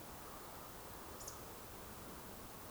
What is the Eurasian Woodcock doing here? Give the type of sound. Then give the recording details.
whistle. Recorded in Baden-Württemberg, Germany, on 12 June 2020 at 20:24 UTC. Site 43791, 788 m above sea level